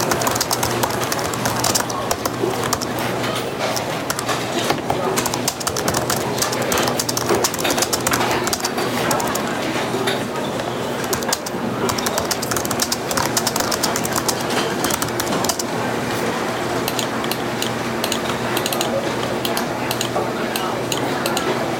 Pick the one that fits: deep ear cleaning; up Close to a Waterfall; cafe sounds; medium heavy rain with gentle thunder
cafe sounds